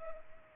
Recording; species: mosquito wingbeat signal from an infrared sensor; Culex pipiens